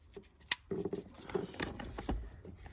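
During reassembly after a thermostat housing and water pump replacement on a 2012 Audi A4 (fault code P2681 or 15462), a coolant or vacuum hose quick-connector is pushed onto its engine port. Two sharp clicks are heard at 0.5 s and 1.6 s among softer handling noise, and the connector is seated.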